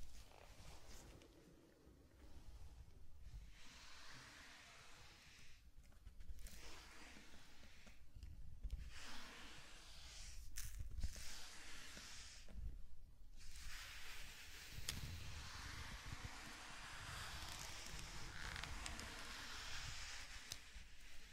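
Sand being brushed in a zen garden, a steady grainy hiss that swells and fades in long sweeps, dropping out briefly every few seconds. Occasional sharp ticks and taps cut through, and a low rumble sits underneath throughout.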